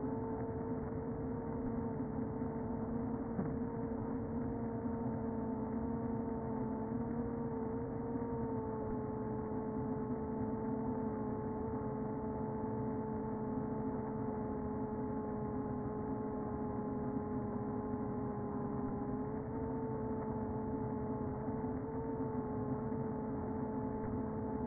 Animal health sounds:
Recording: honeybee colony, microphone inside the hive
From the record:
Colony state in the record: queen present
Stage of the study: before two queens were removed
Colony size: about 60,000 bees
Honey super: yes

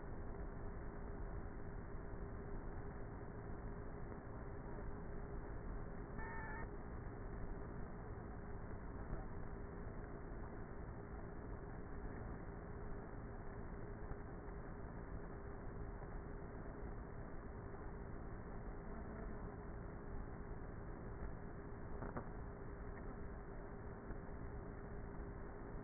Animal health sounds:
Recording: honeybee colony, microphone inside the hive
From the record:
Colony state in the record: queenless with a low population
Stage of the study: before two queens were removed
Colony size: about 30,000 bees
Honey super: no

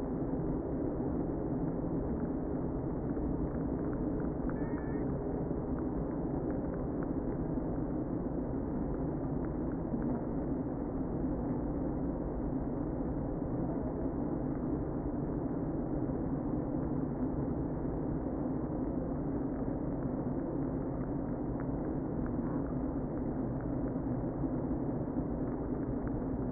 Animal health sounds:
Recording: honeybee colony, microphone inside the hive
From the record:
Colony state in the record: queen present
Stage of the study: before two queens were removed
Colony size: about 60,000 bees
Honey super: yes

